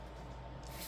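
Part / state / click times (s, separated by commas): plastic peg into the slot on a toy raptor head / not seated / none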